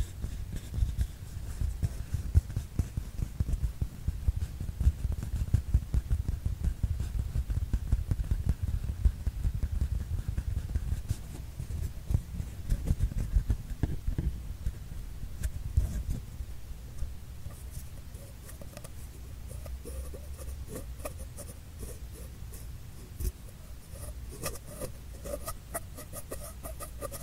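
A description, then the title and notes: A paper tube is handled and rubbed, giving a dense, scratchy rustle with a low, hollow rumble under it. The first half is fuller and busier; after about fifteen seconds the low part thins out and sharper, brighter scrapes and ticks come through more often. PAPER TUBE SOUND ASMR.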